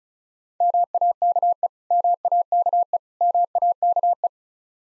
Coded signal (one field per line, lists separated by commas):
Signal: Morse code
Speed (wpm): 36 wpm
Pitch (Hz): 700 Hz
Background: none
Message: MAKE MAKE MAKE